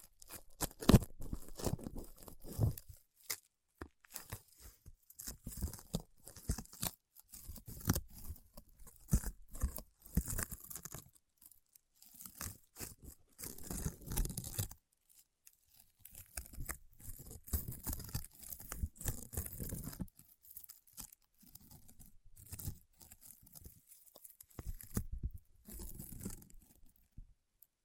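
Paraffin wax is peeled, tapped and scratched in irregular bursts of crackly, crunchy sound, with dense scraping runs and quick clusters of ticks. Short silent gaps separate the bursts, with a longer pause near fifteen seconds. Some strokes carry a soft low thump beneath the crisp crackle.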